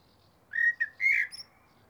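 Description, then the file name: Eurasian blackbird's low, mellow whistle: two short fluted notes, then a longer warbled one, all over in about a second. "Turdus merula"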